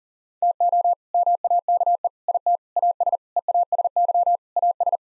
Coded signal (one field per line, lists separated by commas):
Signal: Morse code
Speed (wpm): 40 wpm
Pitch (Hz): 700 Hz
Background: none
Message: TO MAKE IT AS EASY AS